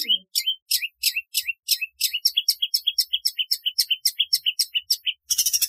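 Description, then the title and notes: Long-tailed shrike song: a steady series of sharp, high chipping notes in quick succession, each with a short upswept whistle, closing in a burst of harsh scratchy noise. "Kicau Burung Cendet"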